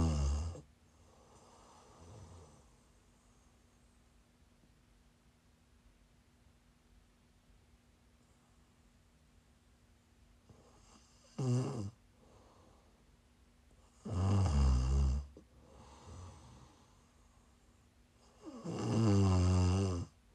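Low, rumbling, fluttering snores from an adult woman asleep come in irregular bursts, about four in 20 seconds, with quiet breathing between them and a faint steady hum in the background. This is ordinary snoring during sleep, made by vibration of the soft tissues in the throat.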